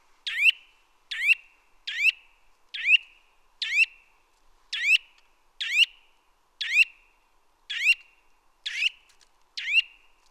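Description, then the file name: Eurasian nuthatch calls: loud, sharp notes repeated roughly once a second in a steady series against a quiet background. "Sitta europaea"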